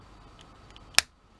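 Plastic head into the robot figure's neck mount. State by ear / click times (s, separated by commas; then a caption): seated / 1.0 s. The plastic head of a Kingdom Megatron toy robot figure is pulled out and snapped into its neck-mount socket, clipping into place. A few faint plastic ticks come at about 0.4, 0.7 and 0.8 s, followed by one sharp, loud click at 1.0 s as the head seats.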